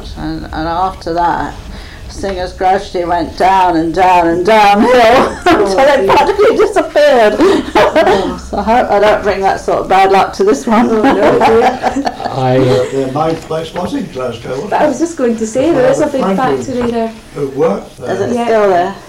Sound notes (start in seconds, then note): 4.6 laughs; 7.5 laughs; 10.6 laughs